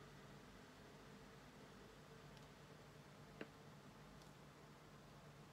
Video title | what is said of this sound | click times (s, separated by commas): Retour et avancé de ma toile partenariat avec la boutique Myth of Asia | Là, vous avez entendu le clac. Hein. | 3.4 s